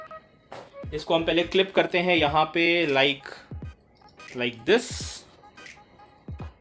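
A stretchable bag-hanger clip is handled as it is clipped onto the edge of a light table, with someone talking over background music. A few short taps and handling knocks are heard, but nothing has seated or clicked yet.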